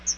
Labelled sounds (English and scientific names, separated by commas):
Chestnut-sided Warbler (Setophaga pensylvanica) flight call